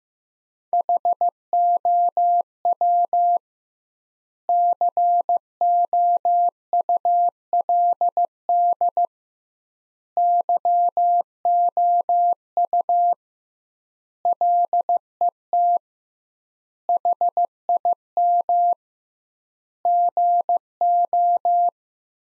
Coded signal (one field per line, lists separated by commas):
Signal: Morse code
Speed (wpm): 15 wpm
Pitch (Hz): 700 Hz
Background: none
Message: HOW COULD YOU LET HIM GO